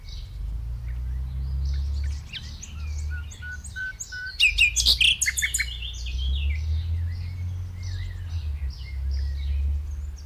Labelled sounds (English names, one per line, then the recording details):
Common Nightingale song
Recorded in the wild
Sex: male
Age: adult
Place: Lübars, Sprintsteig, Berlin, DE
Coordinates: 52.6167, 13.3481
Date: 1998-05-01 11:27
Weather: fair, 17°C
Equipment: Sony MD-WM MZ-R3, Sennheiser MKH 416 T, Kopie Uher 4000 Report Monitor
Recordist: Tembrock, Günter